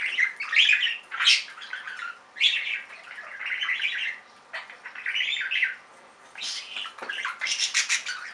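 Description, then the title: Budgerigar warbling in loud phrases of chirps and raspy squawks, separated by brief quieter gaps. "Budgie Sounds"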